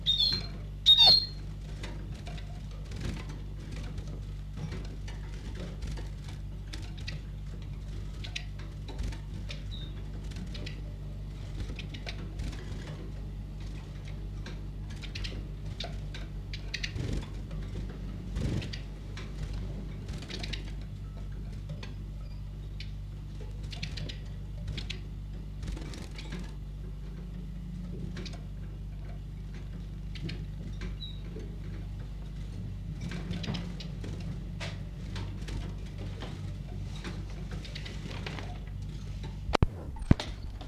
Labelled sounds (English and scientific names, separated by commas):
Eurasian Siskin (Spinus spinus) call